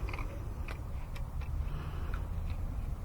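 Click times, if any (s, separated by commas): none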